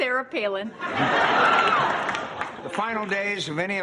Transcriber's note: soundbite of laughter